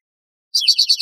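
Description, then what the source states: Spotted towhee giving a quick, even trill of several repeated high buzzy notes, following brief quiet. Trill, recorded in northwest California.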